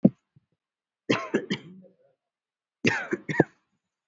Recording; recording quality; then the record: shallow voluntary cough; excellent, no background noise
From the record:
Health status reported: COVID-19 positive, no symptoms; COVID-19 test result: positive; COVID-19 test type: RT-PCR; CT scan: taken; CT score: 2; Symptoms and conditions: cold, fever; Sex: male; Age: 37 years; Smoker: no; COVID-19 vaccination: one dose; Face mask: worn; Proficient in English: yes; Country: India